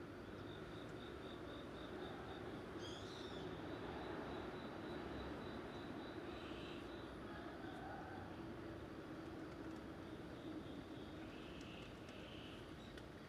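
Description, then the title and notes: Cricket giving a rapid pulsed trill in several bursts, with a constant low engine hum underneath. Daytime recording in the Bangbae 5 housing reconstruction zone, Seocho-gu, Seoul, South Korea. "대한민국 서울특별시 서초구 방배5주택재건축지역 - Bangbae 5th Deconstruction Zone, Cricket. 방배5주택재건축지역, 낮 귀뚜라미"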